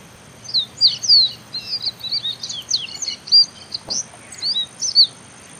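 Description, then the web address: Copper seedeater singing a continuous run of high, varied chirps and thin descending slurred whistles, hurried and uneven throughout, with faint background hiss. "Copper seedeater. صدای-پرنده-دانه-خوار-مسی"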